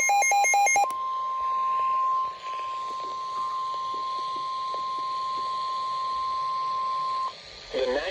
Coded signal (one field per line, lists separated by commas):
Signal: Emergency Alert System (SAME) tones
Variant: 1050 Hz attention tone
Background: speech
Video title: March Madness II… EAS Alerts from 3/15/22 and 3/16/22 | EAS #469 - #507